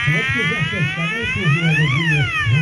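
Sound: fire engine siren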